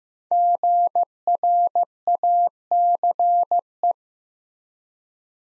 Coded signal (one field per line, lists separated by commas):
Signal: Morse code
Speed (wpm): 15 wpm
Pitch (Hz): 700 Hz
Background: none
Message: GRACE